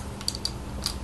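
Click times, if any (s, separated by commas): none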